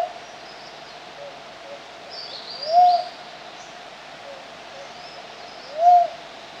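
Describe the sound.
Philippine cuckoo-dove uttering two brief rising hoots about three seconds apart, with a faint high bird note just before and during the first.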